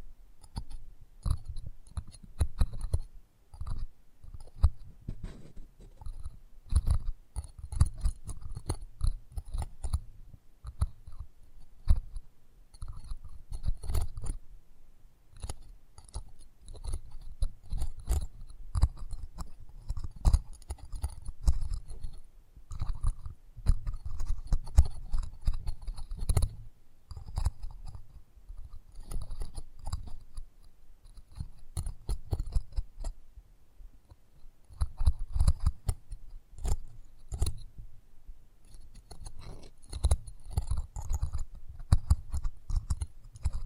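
ASMR close-up mic treatment: a steady, dense stream of quick crackling and rubbing sounds, with frequent sharp clicks and taps throughout the whole clip. Heavy low thumps dominate, with thin, brittle scratches above, swelling and easing in short bursts.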